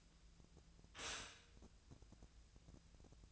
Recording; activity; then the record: daily activity, microphone in the room; stop toaster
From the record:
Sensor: 2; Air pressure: 1000.0 hPa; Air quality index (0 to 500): 152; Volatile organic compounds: 2 ppm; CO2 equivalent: 1284 ppm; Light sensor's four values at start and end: 26/64/27/30 and 26/64/27/30